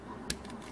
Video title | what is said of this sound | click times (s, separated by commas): Review #84: ToyWorld Brainwave vs FansProject Smart Robin | just helps it snap into place to hold in place well there | 0.3 s